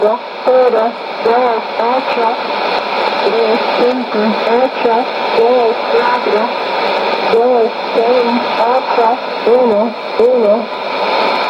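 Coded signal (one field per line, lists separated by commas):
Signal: numbers station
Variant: HM01, Spanish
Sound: a voice reading short, evenly spaced words, like numbers, through constant shortwave hiss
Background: radio static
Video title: 09 09 2016 Cuban Spy Numbers HM01 in Spanish 0654 on 10345 and 9330 Bejucal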